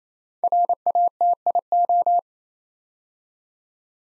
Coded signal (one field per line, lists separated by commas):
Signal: Morse code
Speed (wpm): 28 wpm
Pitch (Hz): 700 Hz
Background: none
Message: RATIO